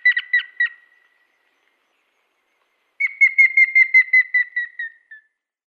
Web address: Schulze Peter Grey-headed Woodpecker display